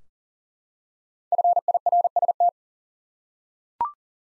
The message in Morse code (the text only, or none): FIRST